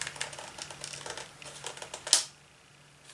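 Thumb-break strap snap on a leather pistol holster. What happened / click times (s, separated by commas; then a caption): The snap fastener popped open / 2.1 s. A thumb pushes the snap of the thumb-break strap on a leather pistol holster, the strap that goes over the top of the slide so the gun can't come out. A run of light taps and rustles leads up to one sharp, bright pop at 2.1 s, followed by near silence. The snap pops open, releasing the strap.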